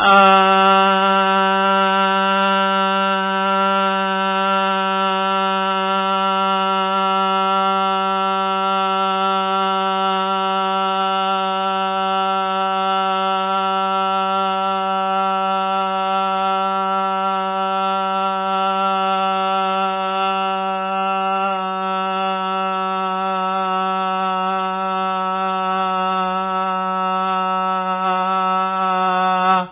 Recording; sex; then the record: sustained vowel /a/; male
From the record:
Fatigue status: no fatigue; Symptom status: asymptomatic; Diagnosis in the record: COVID-19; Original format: 3gp